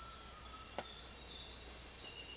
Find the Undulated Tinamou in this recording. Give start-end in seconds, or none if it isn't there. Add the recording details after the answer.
0.00-1.10. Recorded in pastures near Puerto Asís, Putumayo, Colombia, on 22 June 2025 at 06:00. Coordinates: 0.502, -76.324. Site G010